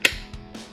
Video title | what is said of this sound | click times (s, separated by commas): Quad Lock Stem Mount on Ducati Panigale SOLVED - Best Install | and it snaps into place which is really nice | 0.0 s